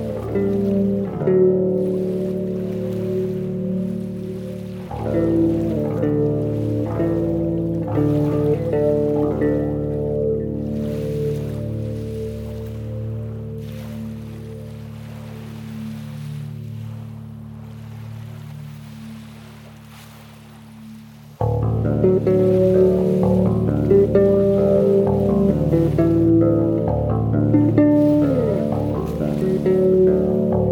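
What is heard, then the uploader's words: A mellow bass solo plays over a low wash of Lake Michigan waves. Sustained low notes ring and fade in slow phrases, with a fresh attack near five seconds and a sudden, louder, busier passage from about twenty-one seconds on. This song is a mellow Bass solo with some peaceful and relaxing Lake Michigan waves for accompaniment.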